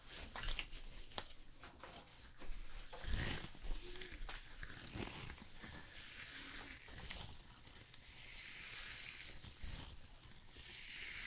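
Hair salon sounds: a steady low hum runs under scattered clicks, taps and short snips through the first half, with a few brief mumbled voice-like bursts around three to five seconds. From about eight seconds a soft hiss builds and swells toward the end.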